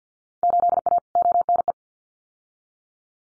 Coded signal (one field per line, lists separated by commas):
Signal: Morse code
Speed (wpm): 50 wpm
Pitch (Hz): 700 Hz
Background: none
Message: 8A ONE